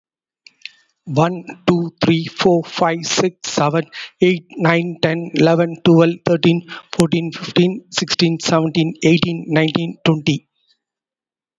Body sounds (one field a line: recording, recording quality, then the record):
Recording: counting at a fast pace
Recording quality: excellent, no background noise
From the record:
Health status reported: COVID-19 positive, mild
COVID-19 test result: positive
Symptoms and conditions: cough, breathing difficulty, fever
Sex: male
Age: 38 years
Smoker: not ticked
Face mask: worn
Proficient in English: yes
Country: India